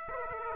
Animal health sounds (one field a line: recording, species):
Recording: mosquito wingbeat signal from an infrared sensor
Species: Aedes aegypti